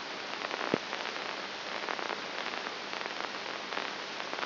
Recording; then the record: brain microelectrode recording played as sound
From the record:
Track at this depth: inside the subthalamic nucleus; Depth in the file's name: 1.102 mm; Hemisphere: right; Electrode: 2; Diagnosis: Parkinson's disease